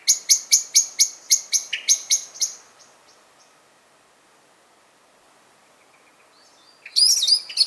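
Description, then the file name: Common blackbird sharp chinking calls, a fast series of about a dozen clicky notes, then a pause, then a brief harsh chattering burst. "Turdus merula"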